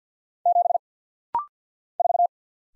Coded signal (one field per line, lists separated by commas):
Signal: Morse code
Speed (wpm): 50 wpm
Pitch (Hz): 700 Hz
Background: none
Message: 7 4